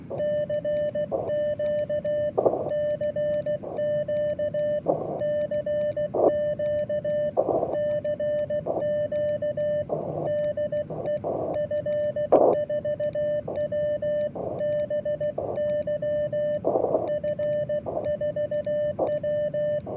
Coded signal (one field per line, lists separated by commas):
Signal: Morse code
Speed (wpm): 16 wpm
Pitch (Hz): 1800 Hz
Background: radio noise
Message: CQ CQ CQ CQ DE F4WBY F4W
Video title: Awesome Scenery Mountain 4WD Radio Bug-Out.